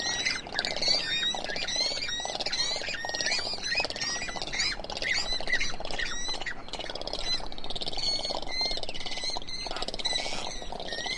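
Swallows chattering: a dense, continuous stream of sharp high chirps and short twittered notes from several birds, with buzzy undertones and no pauses.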